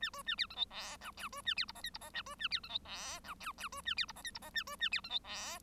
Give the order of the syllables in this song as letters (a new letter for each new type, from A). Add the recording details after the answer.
A B A C D E F G H B A C I J K I J A B A C D E F G H H B A C I J K I J A B A C D E F. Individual Bird1